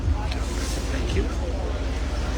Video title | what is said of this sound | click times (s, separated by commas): Full 2 Hour In-depth Tour: 2025 Canadian International Auto Show - Media Day - Toronto 360 TV. | hear that click and you're good | 0.3 s